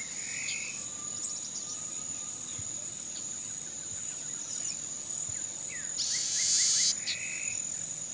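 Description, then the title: Bird song of quick chirped and whistled notes in short phrases, over a continuous high insect drone, with a loud buzzing burst near the end. "LuckyPassaro Completos2Sama"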